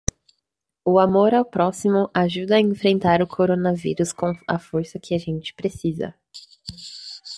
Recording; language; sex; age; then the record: spoken sentence; Brazilian Portuguese; female; 20 to 29 years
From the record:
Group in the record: control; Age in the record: 22 years